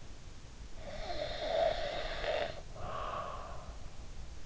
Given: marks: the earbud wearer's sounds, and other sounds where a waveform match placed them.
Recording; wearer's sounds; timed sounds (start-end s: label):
sounds in sleep by an in-ear microphone; snoring breath
0.82-3.85 s: snoring breath